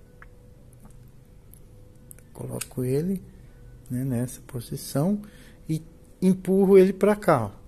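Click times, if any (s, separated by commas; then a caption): none. An auxiliary contact block is lined up on a contactor and pushed toward it by hand. Someone talks over a few faint handling clicks and taps. The clip ends before the block goes home, so nothing has seated or clicked yet.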